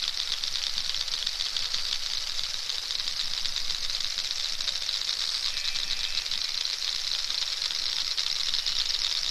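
Narwhal clicks rattle on continuously, with a faint thin whistle briefly around the middle.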